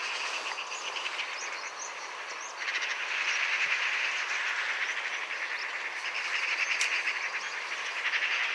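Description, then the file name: Eurasian magpie harsh rattling chatter, dry rapid pulses in long bursts, louder after the first few seconds, over steady hiss. "Pica pica"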